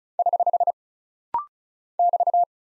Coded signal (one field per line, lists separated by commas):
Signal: Morse code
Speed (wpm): 36 wpm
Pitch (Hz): 700 Hz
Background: none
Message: <HH> <BT>